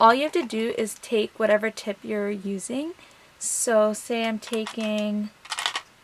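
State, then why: Seated. Someone talks while an orthodontic plastic tip is pushed down into the handle of a Waterpik water flosser. A short cluster of sharp clicks comes near the end, with the tip clicking into place at 5.7 s. The tip seats fully, since a tip that is not down would let water spill out.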